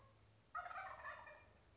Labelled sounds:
Wild Turkey (Meleagris gallopavo)
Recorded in Sonoma County, California

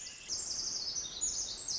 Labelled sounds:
Pacific Wren (Troglodytes pacificus)
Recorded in Sonoma County, California

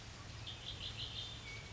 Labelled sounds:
Red-winged Blackbird (Agelaius phoeniceus)
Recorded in Sonoma County, California

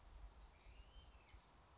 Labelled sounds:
California Towhee (Melozone crissalis)
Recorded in Sonoma County, California

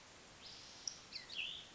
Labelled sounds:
Cassin's Vireo (Vireo cassinii)
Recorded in Sonoma County, California

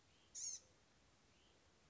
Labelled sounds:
Blue-gray Gnatcatcher (Polioptila caerulea)
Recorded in Sonoma County, California

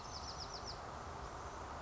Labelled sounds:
Bewick's Wren (Thryomanes bewickii)
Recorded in Sonoma County, California

